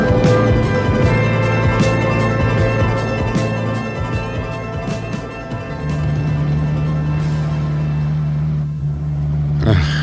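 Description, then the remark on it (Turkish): A car drives through a storm to a farm, its engine droning steadily with a low hum that shifts pitch partway through, with a constant hiss of wind and rain and scattered sharp ticks over it. “Arabayla beni getirmeseydin bu havada çiftliğe zor gelirdim.”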